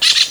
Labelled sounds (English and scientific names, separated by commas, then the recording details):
Brown-throated Parakeet (Eupsittula pertinax) contact call
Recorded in Venezuela
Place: Guárico; Corozopando; Fundo La Fe
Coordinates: 8.506, -67.593